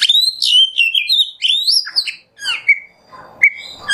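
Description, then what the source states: Oriental magpie-robin singing loud clear whistled phrases that rise and fall, mixed with brief scratchy notes and short pauses between phrases. Masteran (tutor recording) of kacer song in the nembak style.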